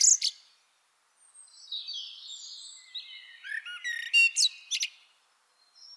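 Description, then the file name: Common blackbird song: sharp high notes, then a quiet thin twittering passage leading into brighter squeaky chirps and short whistled notes near the end. "Turdus merula"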